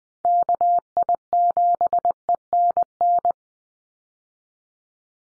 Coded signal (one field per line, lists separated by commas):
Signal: Morse code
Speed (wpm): 20 wpm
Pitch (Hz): 700 Hz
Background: none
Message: KI7ENN